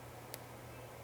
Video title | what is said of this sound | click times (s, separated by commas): How to add RIVETS | on top of the post, and you will hear a click. See? | 0.3 s